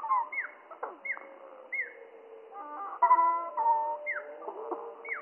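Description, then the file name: Spotted flycatcher song, slowed: several falling hooked notes, mixed with layered steady tones and brief clicks in between. Song slowed down three octaves; mono. "GOBE MOUCHE GRIS MOINS TROIS OCTAVES MONO"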